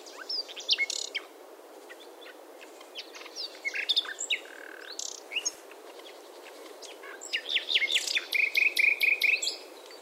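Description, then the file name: Common nightingale: songbird song of scattered varied chirps and whistles, building into a denser stretch of sharp repeated notes near the end. "Luscinia megarhynchos"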